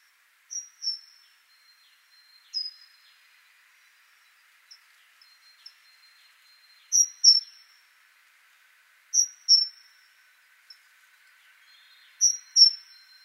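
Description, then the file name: Great tit calling in high, sharp notes, mostly in pairs, repeated every few seconds, with fainter single notes in between. "Parus major"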